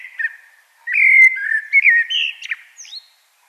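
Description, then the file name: Common blackbird giving a loud, mellow warbled phrase of several liquid notes, rising at the end into high squeaky flourishes. "Turdus merula"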